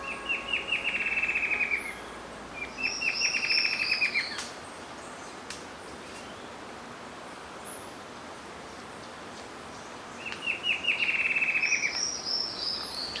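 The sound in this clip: Bird giving three bursts of fast, thin chipping notes in trilled runs, with higher faint notes between, and a long pause before the last burst, over steady background hiss.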